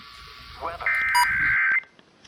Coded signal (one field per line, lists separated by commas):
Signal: Emergency Alert System (SAME) tones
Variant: header bursts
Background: speech